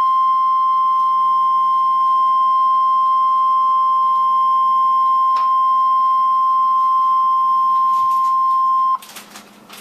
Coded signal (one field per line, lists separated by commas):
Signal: Emergency Alert System (SAME) tones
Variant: 1050 Hz attention tone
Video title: EAS #863: Blizzard Warning (1/25/2014)